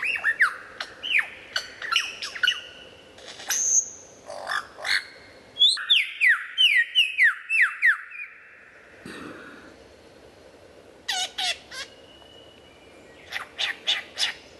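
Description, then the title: White-rumped shama song, a varied run of loud whistles, sharp chips and sweeping slurred notes, with bursts of rapid repeated phrases and brief pauses between sections. Described as the best murai batu of 2014, used for mastering (song training). "mster Mnuk. Mastering Murai Batu Terbaik 2014"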